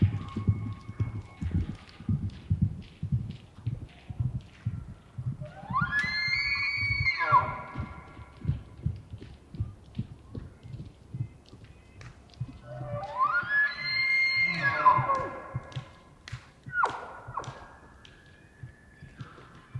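Two bull elk bugles rise into long, high whistling calls, the first around six to eight seconds and the second around thirteen to fifteen seconds, with a shorter call near seventeen seconds. Underneath, steady low thumping and shuffling continue throughout, close and regular, like hooves on ground.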